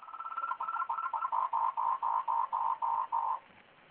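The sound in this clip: Frog calling in a quick series of about a dozen short pulsed notes, roughly three per second, growing slightly louder before stopping abruptly.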